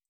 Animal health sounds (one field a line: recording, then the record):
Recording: hydrophone in a shrimp aquaculture tank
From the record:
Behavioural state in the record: feeding